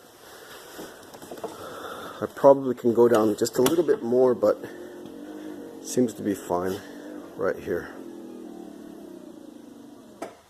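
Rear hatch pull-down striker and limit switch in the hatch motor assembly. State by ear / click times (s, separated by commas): seated / 10.2 s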